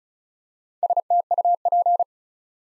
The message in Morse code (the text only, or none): STUP